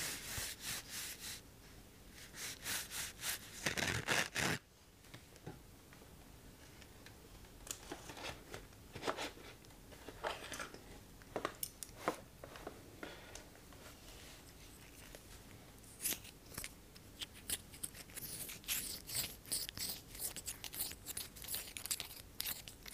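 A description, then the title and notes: Tapping and scratching on unusual objects, heard as irregular bursts of bright, crisp scraping strokes. Clusters come around the start, near four seconds, in scattered spells through the middle, and grow denser and busier over the last seven seconds, with short quiet gaps between. Tapping and Scratching unusually items.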